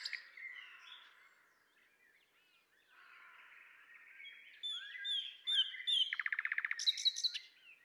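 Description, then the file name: Common nightingale song with soft whistled notes, varied chirps, then a rapid rattling trill of evenly spaced notes and a burst of high sharp notes. "Luscinia megarhynchos"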